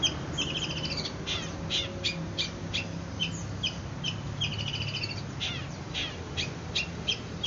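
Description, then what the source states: Long-tailed shrike giving fast, scratchy high chattering notes in a steady stream against a constant background hiss and low rumble. Indonesian name cendet; song style called kombinasi (combination).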